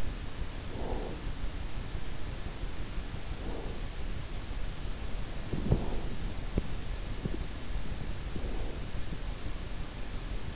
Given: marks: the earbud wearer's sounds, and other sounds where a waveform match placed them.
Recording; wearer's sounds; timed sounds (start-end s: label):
sounds in sleep by an in-ear microphone; breath, body movement
0.48-1.35 s: breath
3.29-3.84 s: breath
5.56-10.56 s: body movement